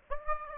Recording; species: mosquito wingbeat signal from an infrared sensor; Aedes aegypti